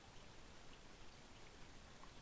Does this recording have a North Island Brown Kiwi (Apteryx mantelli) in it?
no